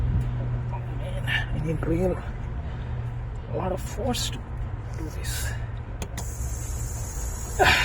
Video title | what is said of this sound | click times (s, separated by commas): wasted struggle | and it doesn't lock in place | none